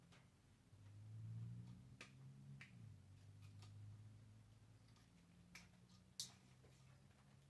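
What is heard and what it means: A Z off-road LED headlight, or its retaining parts, is worked into the headlight bucket of a 2020 Harley-Davidson Street Glide during an install. Lighter taps and clicks at about 2.0, 2.6, 3.6 and 5.6 seconds sit over a low hum. A sharp, loud snap at 6.2 seconds marks the part seating in place.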